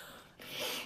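After a brief quiet moment, a short, hissing, airy sound rises and holds for about half a second as an adult draws breath in through the nose. It is a noisy nasal intake, a fleeting breathing noise from narrowed nasal airflow.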